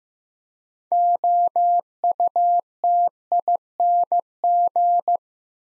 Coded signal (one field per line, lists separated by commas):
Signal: Morse code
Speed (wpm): 15 wpm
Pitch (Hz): 700 Hz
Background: none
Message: OUTING